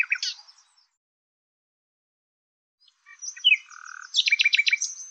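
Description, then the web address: Bird song, brief chirps, then after a pause a twittering phrase with a steady tone leading into a fast repeated buzzy trill. "Deverinetal 2025"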